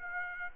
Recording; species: mosquito wingbeat signal from an infrared sensor; Aedes aegypti